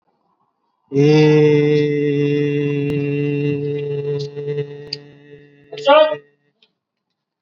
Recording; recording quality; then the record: sustained vowel as in made; moderate, slight background noise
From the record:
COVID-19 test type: RT-PCR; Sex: male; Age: 22 years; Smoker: no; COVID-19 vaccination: both doses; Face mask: worn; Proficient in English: yes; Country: India